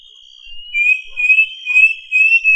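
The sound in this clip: Bird song: a steady high tone joined by wavering whistled phrases that repeat several times.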